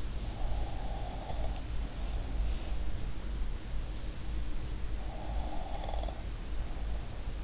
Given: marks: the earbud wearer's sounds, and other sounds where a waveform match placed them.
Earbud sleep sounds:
sounds in sleep by an in-ear microphone; breath, snoring breath
0.40-2.77 s: breath
5.07-7.44 s: snoring breath

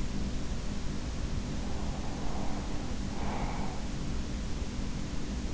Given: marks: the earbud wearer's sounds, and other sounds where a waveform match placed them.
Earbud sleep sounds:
sounds in sleep by an in-ear microphone; breath
1.59-4.15 s: breath

